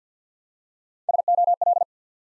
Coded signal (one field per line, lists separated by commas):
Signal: Morse code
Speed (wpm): 50 wpm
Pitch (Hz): 700 Hz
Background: none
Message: SOL